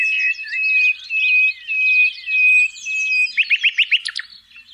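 Common nightingale song with long, steady pure whistled notes repeated in pulses, then a quick series of sharp chirps at the end.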